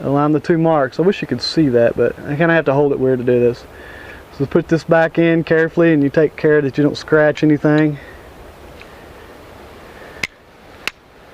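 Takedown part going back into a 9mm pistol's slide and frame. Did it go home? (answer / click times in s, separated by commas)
yes / 10.2 s, 10.9 s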